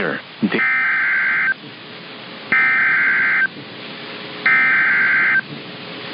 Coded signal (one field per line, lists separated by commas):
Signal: Emergency Alert System (SAME) tones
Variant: header bursts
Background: speech